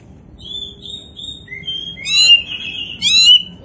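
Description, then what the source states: Oriental magpie-robin with a few level whistled notes, then louder rising, buzzy twittering phrases toward the end. Oriental magpie-robin (kacer), poci form, singing vigorously (gacor).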